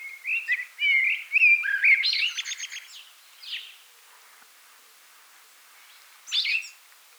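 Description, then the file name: Common blackbird song: low fluted warbling phrases, then a high squeaky twittering flourish, with another brief squeaky phrase after a few seconds of quiet. "Turdus merula"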